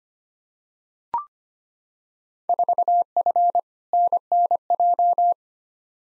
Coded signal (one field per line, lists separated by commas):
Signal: Morse code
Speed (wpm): 25 wpm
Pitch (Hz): 700 Hz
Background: none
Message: 4F NNJ